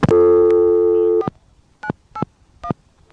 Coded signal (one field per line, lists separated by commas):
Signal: DTMF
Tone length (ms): 70 ms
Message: 4981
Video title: ITT Pentaconta Crossbar Switch in Asheboro NC 4th pgm, Summer 1986